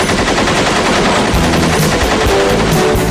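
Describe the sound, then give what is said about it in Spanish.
A loud, sustained burst of rapid gunfire from Mark Wahlberg's History of the World rattles on without pause for about three seconds, the shots blurring into a dense, harsh roar with no voices. “Próximamente disparos a cascoporro en los cines más sobrados.”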